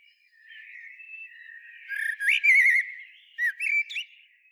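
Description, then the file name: Common blackbird song, a rich flute-like warble that rises into a loud wavering whistle, then two short mellow notes ending in a high squeak. "Turdus merula"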